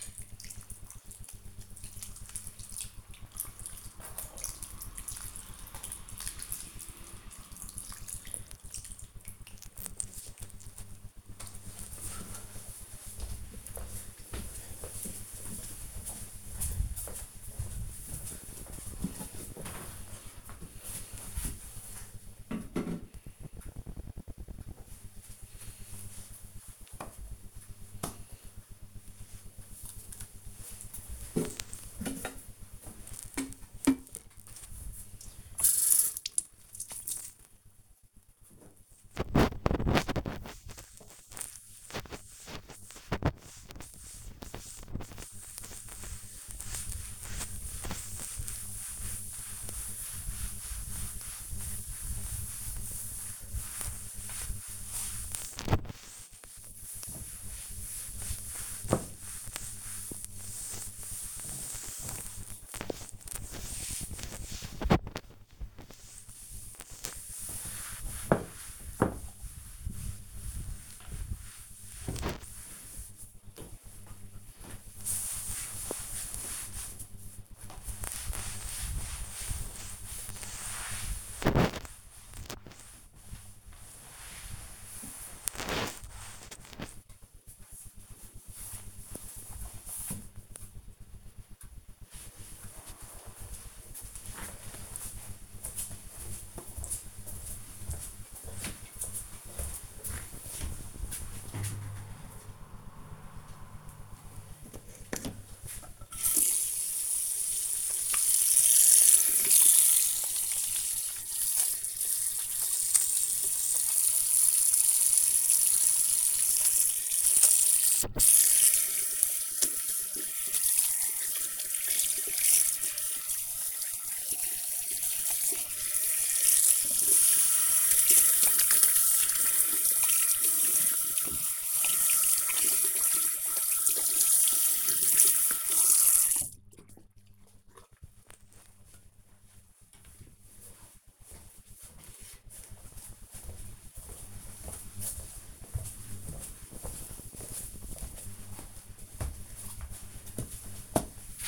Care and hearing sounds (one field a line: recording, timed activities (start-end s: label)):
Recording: household activities, microphone on the right wrist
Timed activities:
0.00-11.27 s: watering plant
33.41-86.75 s: cleaning table
103.88-137.12 s: washing hands